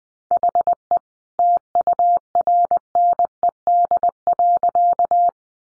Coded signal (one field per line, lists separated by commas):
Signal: Morse code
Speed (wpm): 20 wpm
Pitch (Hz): 700 Hz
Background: none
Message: HE TURNED.